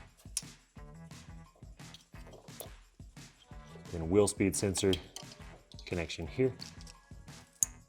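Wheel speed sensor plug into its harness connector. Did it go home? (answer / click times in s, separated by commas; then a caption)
yes / 7.6 s. Someone talks over background music while the plastic wheel speed sensor plug on the front strut area of a Ford Transit AWD, during a lift install, is pushed into its harness connector, and one sharp, loud click at 7.6 s marks it seating. The red locking tab is then pressed down to lock and secure the connector.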